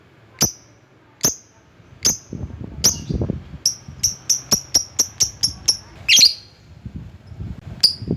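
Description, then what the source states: Lovebird making sharp, high chirps, first spaced then speeding into a rapid run, ending with a harsher squawk and a final chirp. Lovebird calling a rival.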